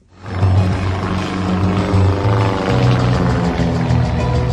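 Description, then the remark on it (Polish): A propeller plane's engine drones loudly and steadily, with a rough low-pitched throb and shifting harmonic tones as it passes overhead performing aerobatics at the Sky Show Sobienie aviation picnic in Sobienie Królewskie near Warsaw, Poland, with no voices. “Można tu obejrzeć m.in. maszyny historyczne i współczesne w podniebnych akrobacjach.”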